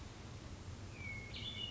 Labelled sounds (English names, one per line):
Hermit Thrush